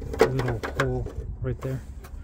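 Someone talks while the plastic holder clip on a Toyota Tacoma factory LED bed light wire harness is handled at a small hole in the truck bed panel, with a faint short sound near 2.1 s. Nothing has seated or clicked yet.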